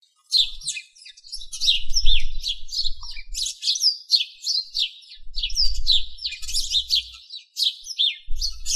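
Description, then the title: Bird singing a fast, high-pitched jumble of chirps and slurred whistles in running phrases, with intermittent low thumping noise underneath. "LuckyPassaros CompletosSama"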